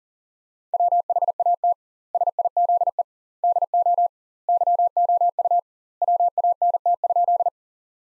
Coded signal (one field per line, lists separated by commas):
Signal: Morse code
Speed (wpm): 37 wpm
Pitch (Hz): 700 Hz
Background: none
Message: WHAT SIZE DO YOU WANT?